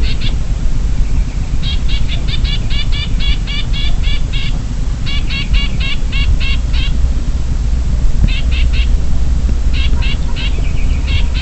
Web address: Chinese Grassbird Alarm Call China Guangxi Shanli 120205. graminicole de chine graminicola striatus ssp sinicus